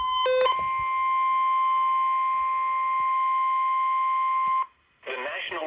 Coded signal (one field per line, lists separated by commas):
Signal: Emergency Alert System (SAME) tones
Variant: 1050 Hz attention tone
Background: speech